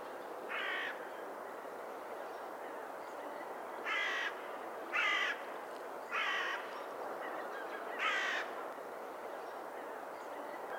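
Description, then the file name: Carrion crow giving five short, hoarse calls at irregular intervals over steady background hiss. "Corvus corone"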